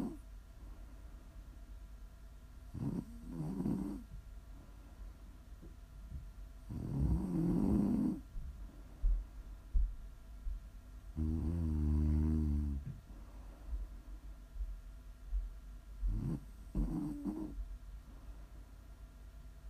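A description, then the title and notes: Snoring comes in uneven bursts around 3, 7, 11, 16 and 17 seconds. Some are short rough rasps, while a longer one near 11 seconds has a buzzing, wavering drone. A low steady hum sits underneath, with quieter breathing between snores. ASMR snoring.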